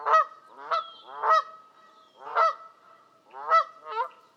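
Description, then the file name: Canada goose giving six loud, harsh nasal honks in quick pairs and singles, with a faint high whistle between them. "kanadai lud hangja"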